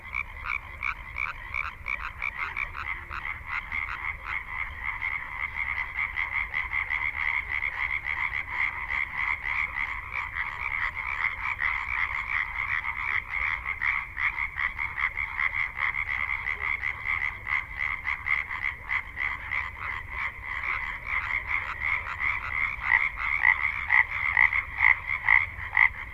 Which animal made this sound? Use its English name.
Common Tree Frog